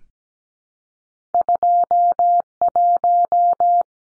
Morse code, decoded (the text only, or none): 21